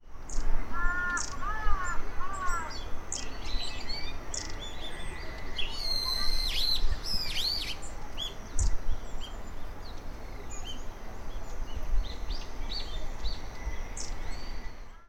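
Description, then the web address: Several wild birds calling: clear whistled chirps, slurred falling notes and thin high notes, scattered throughout over a steady low rumble. "yacho koe"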